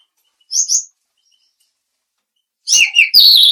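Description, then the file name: Mangrove blue flycatcher giving short high whistled notes, a paired chirp early, then a burst of several sweeping whistles near the end. "suara burung tledekan laut"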